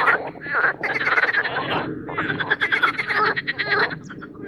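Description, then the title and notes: Marsh frogs in a dense chorus, overlapping rattling, laughing croaks pulsing almost without pause across the whole stretch. Mating chorus in spring in an artificial pond for boating, Oise, France; cold preceding night. "Les grenouilles et l’avion. au Parc Chédeville dans l'Oise. Dans un bassin artificiel créé pour proposer une activité nautique, des grenouilles rieuses se donnent rendez-vous au printemps pour un concert amoureux"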